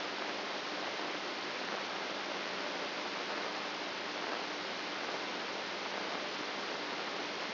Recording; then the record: brain microelectrode recording played as sound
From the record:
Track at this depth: outside the subthalamic nucleus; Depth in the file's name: 8.828 mm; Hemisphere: left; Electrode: 3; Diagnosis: Parkinson's disease